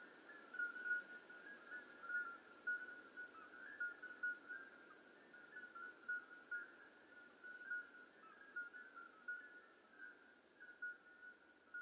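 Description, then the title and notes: Common midwife toads calling in a dense chorus, many short flute-like whistled notes near one pitch overlapping continuously, with faint background hiss. Hundreds of common midwife toads calling simultaneously at slightly different pitches in an old disused quarry, outskirts of Lerouville, just after midnight; calling begins at dusk and continues through the night. "Outskirts of Lerouville. Common Midwife Toads. Recorded by Colin Hunter. Music for Sleep project"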